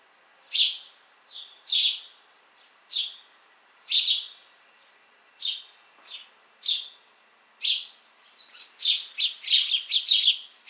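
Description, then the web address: House sparrow chirping about once a second, growing quicker toward the end. "pub SETE data Passer domesticus"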